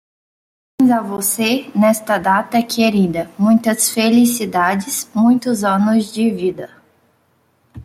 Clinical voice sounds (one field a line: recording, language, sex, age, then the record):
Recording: short text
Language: Brazilian Portuguese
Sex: female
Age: 20 to 29 years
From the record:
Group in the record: control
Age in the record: 21 years